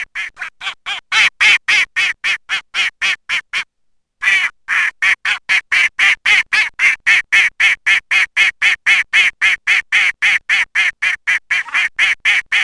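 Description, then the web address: Mallard quacks repeated quickly and evenly, a short gap near the start, then a long steady series of harsh quacks. Spring. "wiosna krzyzowka skrocona"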